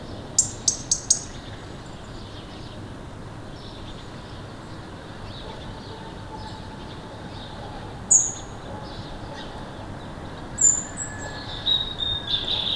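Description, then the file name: European robin making high, sharp clicking calls in a quick cluster, then scattered ticks and a thin high whistle near the end, over constant low rumbling noise. "Erithacus rubecula"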